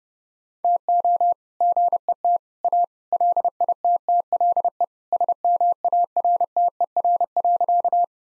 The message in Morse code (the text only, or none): TO GET A LITTLE SMARTER.